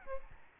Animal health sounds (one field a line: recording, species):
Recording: mosquito wingbeat signal from an infrared sensor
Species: Aedes albopictus